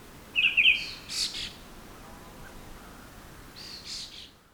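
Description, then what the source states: Bird calls: a short bright trilled whistle followed by brief high chirps, then quiet hiss and a few faint high notes near the end. Birds singing in a forest.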